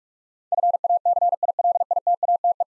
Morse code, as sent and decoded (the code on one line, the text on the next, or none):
..-. .- -.-. .. .-.. .. - .- - .
FACILITATE